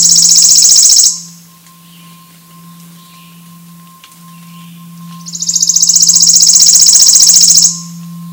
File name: suara burung worm eating warbler